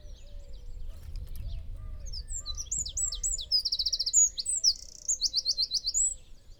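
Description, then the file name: Eurasian wren song: a single high, hurried phrase of sharp notes that runs into rapid trills, lasting several seconds. "Troglodytes troglodytes"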